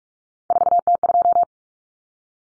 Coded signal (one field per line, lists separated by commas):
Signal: Morse code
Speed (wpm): 44 wpm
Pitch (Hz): 700 Hz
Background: none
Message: 4T2